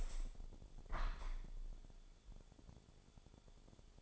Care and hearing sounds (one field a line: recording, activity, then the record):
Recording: daily activity, microphone in the room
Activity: open window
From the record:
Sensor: 5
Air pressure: 1015.0 hPa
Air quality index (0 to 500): 101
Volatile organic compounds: 2 ppm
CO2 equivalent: 1087 ppm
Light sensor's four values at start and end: 35/81/32/31 and 35/81/32/31